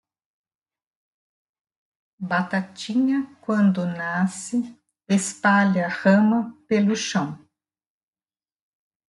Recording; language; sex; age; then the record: short text; Brazilian Portuguese; female; 50 to 59 years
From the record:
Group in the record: control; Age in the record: 54 years